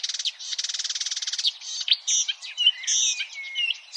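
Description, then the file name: Marsh warbler song opening with a rapid buzzy trill for over a second, then a jumble of sharp chips, nasal buzzes and clear whistled slides. "suara kicauan burung marsh warbler. omkicau"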